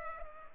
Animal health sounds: mosquito wingbeat signal from an infrared sensor; Culex pipiens

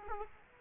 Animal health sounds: mosquito wingbeat signal from an infrared sensor; Aedes aegypti

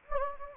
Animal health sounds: mosquito wingbeat signal from an infrared sensor; Anopheles gambiae

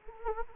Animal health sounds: mosquito wingbeat signal from an infrared sensor; Anopheles gambiae

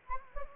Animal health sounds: mosquito wingbeat signal from an infrared sensor; Anopheles gambiae

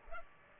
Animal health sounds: mosquito wingbeat signal from an infrared sensor; Culex pipiens

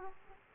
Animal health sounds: mosquito wingbeat signal from an infrared sensor; Aedes aegypti

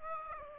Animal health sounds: mosquito wingbeat signal from an infrared sensor; Aedes aegypti

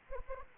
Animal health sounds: mosquito wingbeat signal from an infrared sensor; Anopheles arabiensis

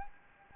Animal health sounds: mosquito wingbeat signal from an infrared sensor; Anopheles gambiae

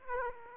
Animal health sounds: mosquito wingbeat signal from an infrared sensor; Aedes aegypti

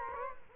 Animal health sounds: mosquito wingbeat signal from an infrared sensor; Culex quinquefasciatus

